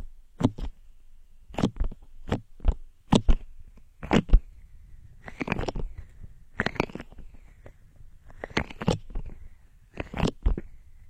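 Crisp handling sounds from a candle, a brush, a box and wooden scissors: sharp taps and clicks arrive in quick bursts every half second or so, mixed with short crunchy, scratchy brushing strokes around the middle and end. A low hum sits underneath throughout.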